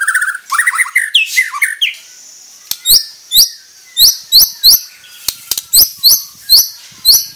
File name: Suara kasar burung murai batu borneo mahkota